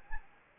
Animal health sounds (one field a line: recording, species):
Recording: mosquito wingbeat signal from an infrared sensor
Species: Anopheles gambiae